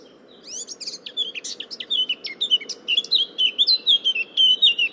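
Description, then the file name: Eurasian blackcap singing a fast jumbled warble that settles into a series of loud, even, fluty whistled notes, over a constant low hum. "Sylvia atricapilla"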